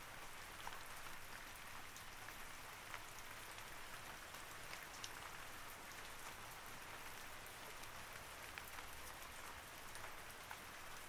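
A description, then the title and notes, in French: Steady rain falls throughout, a dense, even hiss weighted toward the bright, crackly end. Individual drops tick out of the wash now and then, sharper near the start, middle and end, while a faint low rumble sits underneath. Douceur de la Pluie. L'ambiance apaisante de la pluie.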